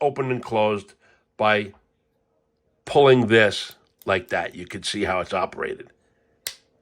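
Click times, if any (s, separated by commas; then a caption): 6.5 s. Someone talks, then the blade of a Halfbreed Blades Large Bush Folder LBF-01 Gen 2 folding knife is deployed by pulling its lock mechanism. A sharp snap at 6.5 s marks the blade locking open into its lock in the folding handle, with the lock almost disappearing once locked.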